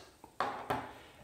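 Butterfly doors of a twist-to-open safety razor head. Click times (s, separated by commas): 0.4 s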